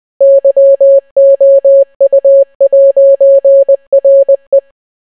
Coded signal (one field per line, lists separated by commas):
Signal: Morse code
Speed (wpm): 20 wpm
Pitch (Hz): 550 Hz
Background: none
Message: YOU'RE